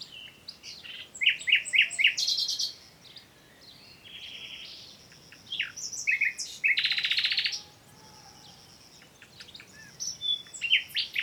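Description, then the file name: Common nightingale song with varied bursts of repeated chirps, buzzy trills and quick rising whistles, phrases following each other after brief pauses. "Luscinia megarhynchos"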